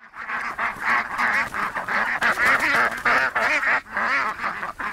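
Ducks quacking, a flock giving nasal, harmonic calls in quick overlapping bursts, several per second, nearly continuous throughout.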